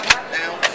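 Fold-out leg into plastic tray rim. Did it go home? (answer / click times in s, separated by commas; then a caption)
yes / 0.1 s. A fold-out leg built into the rim of a plastic tray is slid out and down, and a single loud, sharp click sounds at 0.1 s as it locks into place. A second, softer burst follows near 0.65 s over a steady background hum. The tray legs are seated and locked.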